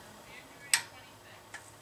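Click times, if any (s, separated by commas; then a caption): 0.7 s. A click-type torque wrench set to 19 ft-lbs tightens an already snug car bolt and gives one sharp, bright click at 0.7 s, followed by a fainter tick at about 1.5 s. The click confirms the bolt has reached 19 ft-lbs.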